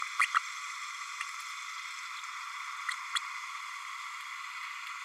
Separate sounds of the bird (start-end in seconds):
0.21-0.25, 0.35-0.39, 3.15-3.18